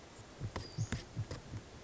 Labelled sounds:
Western Flycatcher
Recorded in Sonoma County, California

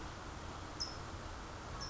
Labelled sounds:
California Towhee
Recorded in Sonoma County, California

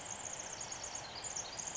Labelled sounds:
Pacific Wren
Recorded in Sonoma County, California

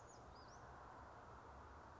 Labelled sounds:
Western Flycatcher
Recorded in Sonoma County, California

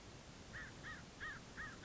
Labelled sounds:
American Crow
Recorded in Sonoma County, California

